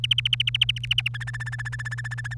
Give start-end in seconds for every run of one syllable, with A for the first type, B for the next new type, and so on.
0.04-1.08 A, 1.14-2.34 B